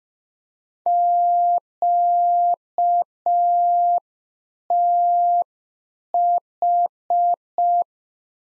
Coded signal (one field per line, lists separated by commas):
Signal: Morse code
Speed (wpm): 5 wpm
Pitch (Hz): 700 Hz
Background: none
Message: QTH